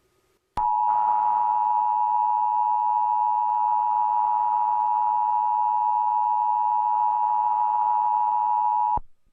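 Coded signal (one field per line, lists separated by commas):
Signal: Emergency Alert System (SAME) tones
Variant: 853 and 960 Hz attention tone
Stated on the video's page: Recreated mock EAS tsunami warning with valid tones: recreated Hawaii alert and reused California alert.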